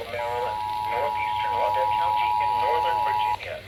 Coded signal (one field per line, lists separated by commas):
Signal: Emergency Alert System (SAME) tones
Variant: 853 and 960 Hz attention tone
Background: speech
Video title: Another day, Another Dollar. | EAS Alerts from 5/3/25 | EAS#1,969-1,995